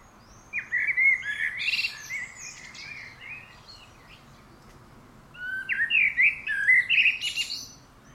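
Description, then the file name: Common blackbird song: two phrases separated by a short pause, each rich warbling mixed with thin, high chattering notes. "Turdus merula"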